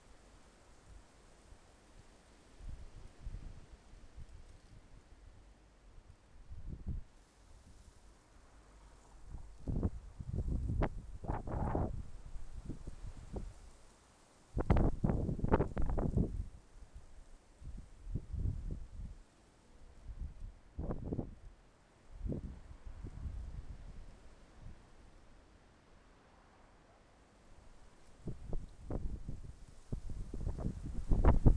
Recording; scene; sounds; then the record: everyday scene through a hearing-aid microphone; wind on the microphone; wind, traffic, birds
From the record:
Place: suburban garden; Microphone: behind the ear, left, front